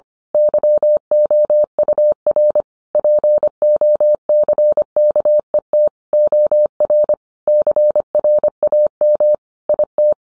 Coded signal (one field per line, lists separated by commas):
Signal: Morse code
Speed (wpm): 25 wpm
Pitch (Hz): 600 Hz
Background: none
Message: YOUR POCKET OR CRAM IT